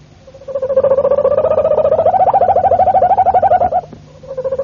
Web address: canarios cantoharz